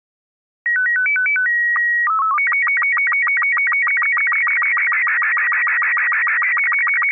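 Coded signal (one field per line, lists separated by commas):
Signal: SSTV (slow-scan television)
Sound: short stepped calibration tones, then a fast rhythmic warbling chirp with steady ticking pulses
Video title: just learned how to create SSTV signals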